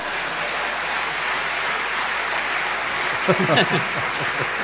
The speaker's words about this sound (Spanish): El público estalló en una ovación, digo yo ahora, y la actriz que representaba a Policarpa fue llevada en andas hasta la esquina.